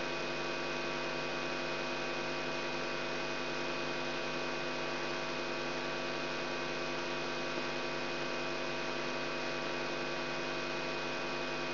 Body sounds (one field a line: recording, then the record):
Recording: brain microelectrode recording played as sound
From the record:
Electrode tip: outside the subthalamic nucleus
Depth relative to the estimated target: -4 mm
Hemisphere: right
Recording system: AlphaMap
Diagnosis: Parkinson's disease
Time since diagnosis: 16 years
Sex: male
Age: 67 years